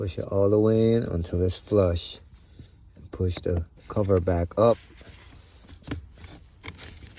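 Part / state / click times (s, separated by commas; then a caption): cabin air filter access cover into the HVAC housing behind the glove box / seated / 5.9 s, 6.7 s. Someone talks while the plastic cabin air filter access cover on a 2017 Ford Fusion is pushed back up into the HVAC housing behind the glove box. Two sharp snaps ring out at 5.9 s and 6.7 s, followed by faint plastic rattling. The cover is seated and snapped into place.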